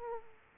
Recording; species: mosquito wingbeat signal from an infrared sensor; Aedes aegypti